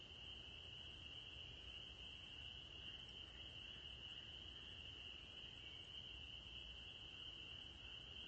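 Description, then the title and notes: Spring peeper chorus, a steady shrill high-pitched ringing of many overlapping peeps merged into one unbroken band, with a low rumble of background noise underneath. Evening chorus in spring, 9 April 2021; the peepers have just returned. "April 9, 2021. the spring peepers have returned! I’ve recorded their evening symphony"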